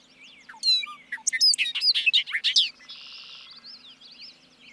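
Bobolink singing a fast, gurgling cascade of varied chirps and tinkles lasting about two seconds, with a soft buzzy note and low hum afterwards.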